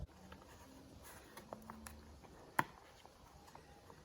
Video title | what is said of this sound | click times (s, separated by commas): DIY Yamaha Raptor bent steering stem fix! | You feel those just kind of pop into place like so. | 2.6 s